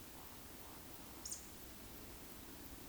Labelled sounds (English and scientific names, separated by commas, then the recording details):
Eurasian Woodcock (Scolopax rusticola) whistle, Eurasian Woodcock (Scolopax rusticola) croak
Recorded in Baden-Württemberg, Germany, on 13 June 2021 at 20:19 UTC
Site 23718, 552 m above sea level